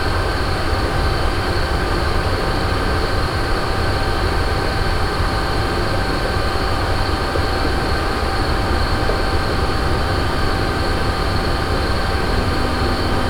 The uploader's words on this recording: WWTP by night. Moulins sur allier.